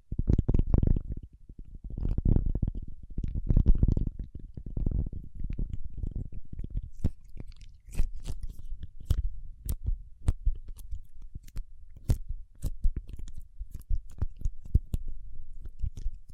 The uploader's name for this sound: Paraffin Wax Peeling, Tapping and Scratching